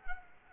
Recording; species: mosquito wingbeat signal from an infrared sensor; Culex quinquefasciatus